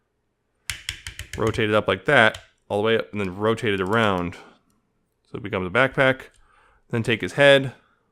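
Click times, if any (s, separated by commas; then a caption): none. Someone talks while handling a plastic transforming toy robot, working its head, which is hard to grip, to be pulled up and out until it clicks into its locked position. Nothing has seated or clicked into place yet.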